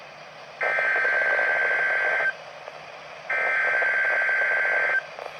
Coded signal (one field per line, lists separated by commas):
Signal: Emergency Alert System (SAME) tones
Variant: header bursts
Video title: (EAS) Required Weekly Test